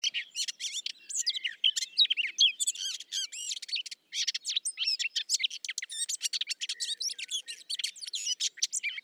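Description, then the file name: Eurasian blackcap singing a rapid, jumbled warble of bright whistled slurs and harsh chatters, running almost without pause. "Sylvia atricapilla"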